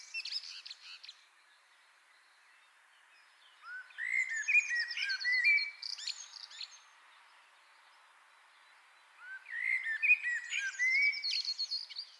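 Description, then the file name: Common blackbird song in two clear phrases several seconds apart, each a low rising fluted warble leading into squeaky high twittering, with a brief twitter at the very start. "Turdus merula"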